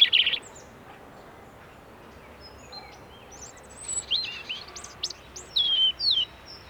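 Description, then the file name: European robin giving a short high burst, a long pause, then several thin, sliding high notes near the end. "Erithacus rubecula"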